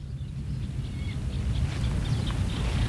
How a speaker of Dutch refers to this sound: Wat hoor ik hier brabbelen? Een klein karakiet.